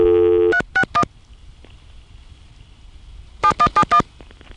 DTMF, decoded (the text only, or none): 361 7171